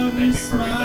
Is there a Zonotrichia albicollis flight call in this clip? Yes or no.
no